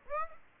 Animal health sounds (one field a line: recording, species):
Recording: mosquito wingbeat signal from an infrared sensor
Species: Aedes aegypti